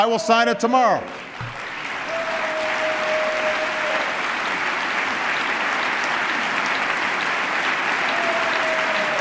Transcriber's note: applause